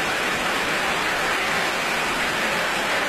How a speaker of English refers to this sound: And taking his applause, the composer Jared McBurney.